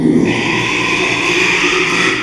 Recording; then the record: squeal of a Yucatan mini pig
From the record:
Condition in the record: after surgery on the right vocal fold (resection and tissue-engineered implant); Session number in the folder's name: 1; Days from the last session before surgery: 6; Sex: male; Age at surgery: 12 weeks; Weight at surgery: 13 kg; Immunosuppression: cyclosporine, prednisolone